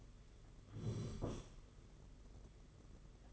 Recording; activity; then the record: daily activity, microphone in the room; sit down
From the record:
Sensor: 4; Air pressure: 992.5 hPa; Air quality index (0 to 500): 121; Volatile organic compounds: 31 ppm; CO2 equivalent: 2970 ppm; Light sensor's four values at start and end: 20/72/26/28 and 20/72/26/28